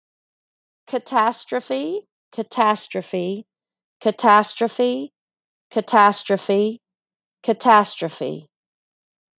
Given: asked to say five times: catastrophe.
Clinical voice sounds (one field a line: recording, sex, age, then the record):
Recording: repeated word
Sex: female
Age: 30 to 39 years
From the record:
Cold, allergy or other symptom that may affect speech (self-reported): no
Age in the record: 39 years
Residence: United States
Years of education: 14